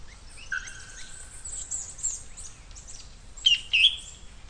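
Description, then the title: Bird sounds: soft thin whistles and faint high twittering, then two loud sharp chirps toward the end. "LuckyPassaro Completos2Sama"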